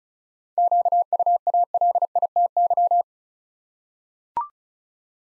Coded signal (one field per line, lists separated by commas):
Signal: Morse code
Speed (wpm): 36 wpm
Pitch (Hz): 700 Hz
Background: none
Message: QUALITY